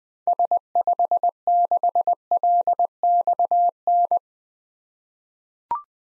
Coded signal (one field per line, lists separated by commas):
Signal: Morse code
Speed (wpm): 20 wpm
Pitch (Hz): 700 Hz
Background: none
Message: S56LXN